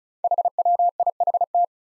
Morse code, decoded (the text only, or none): HWIHT